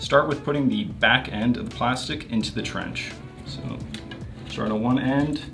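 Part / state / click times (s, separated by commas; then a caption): mesh panel plastic edge into aluminum screen printing frame trench / not seated / none. Someone talks while the plastic back edge of a screen printing mesh panel is being handled, ready to be pressed into the trench of an aluminum frame, starting at one end and working along. Nothing has seated or clicked into place yet.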